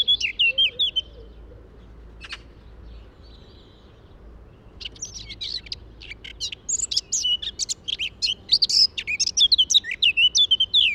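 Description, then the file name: Eurasian blackcap song: a brief scratchy phrase at the start, a single click, then a long, fast, varied warble of high notes running through the second half. "Sylvia atricapilla"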